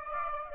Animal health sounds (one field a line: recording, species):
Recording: mosquito wingbeat signal from an infrared sensor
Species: Aedes aegypti